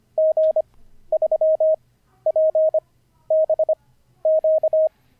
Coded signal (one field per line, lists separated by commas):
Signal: Morse code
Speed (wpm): 25 wpm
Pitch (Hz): 630 Hz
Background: none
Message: G3PBQ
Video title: N0SSC Learns Morse Code [Day 46]